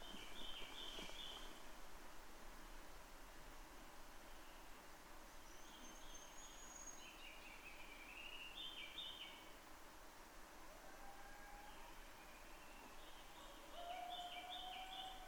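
Townsend's solitaire song: several separate bursts of quick warbling spaced a few seconds apart, with a high thin whistle and a lower whistled note near the end, over hiss.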